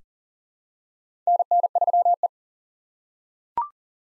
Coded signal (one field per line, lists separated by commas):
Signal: Morse code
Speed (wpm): 40 wpm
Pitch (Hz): 700 Hz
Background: none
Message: NN3E